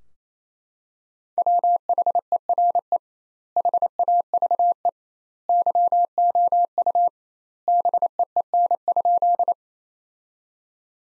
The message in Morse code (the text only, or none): WHERE HAVE YOU BEEN?